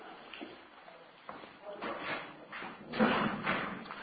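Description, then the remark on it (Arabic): A door is pushed shut with a dull thud during a religious lesson, preceded by shuffling and rustling movement, while faint voices murmur in the background. “سكر الباب.”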